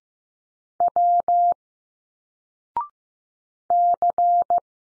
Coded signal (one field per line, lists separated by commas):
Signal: Morse code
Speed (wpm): 15 wpm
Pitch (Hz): 700 Hz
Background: none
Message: W C